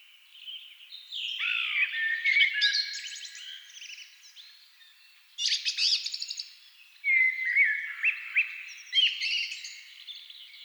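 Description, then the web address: Thrush song: rich warbled phrases with whistles and chattering notes in bursts, with short pauses between phrases. Thrushes at dusk. "agykontroll CD 3-A természet hangjai Rigók szürkületkor"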